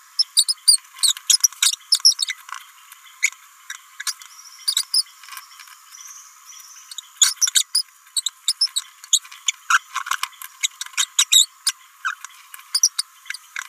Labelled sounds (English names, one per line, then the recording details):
Green-rumped Parrotlet babbling
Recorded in a nest box in Venezuela
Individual 18B17A3